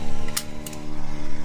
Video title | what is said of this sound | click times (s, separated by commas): SAHIL KABUR BAWA PESAWAT‼️#GCWTC | Udah bunyi klik ya. | 0.4 s